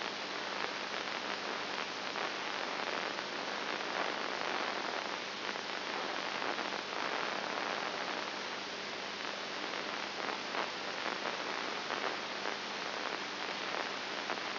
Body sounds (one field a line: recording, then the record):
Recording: brain microelectrode recording played as sound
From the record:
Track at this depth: inside the subthalamic nucleus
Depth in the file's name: 5.1 mm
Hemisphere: right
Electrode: 2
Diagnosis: Parkinson's disease